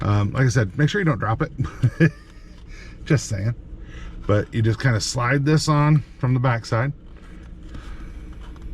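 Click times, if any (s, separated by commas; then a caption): none. Someone talks while a plastic Fitcam-X dash camera housing, for 2022-and-newer Sequoia and Tundra, is slid onto the rear-view mirror mount from the back side and lined up. Only faint scrapes are heard, with two small ticks near 8.6 seconds, and the housing has not clipped in yet.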